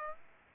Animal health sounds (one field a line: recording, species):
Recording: mosquito wingbeat signal from an infrared sensor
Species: Aedes aegypti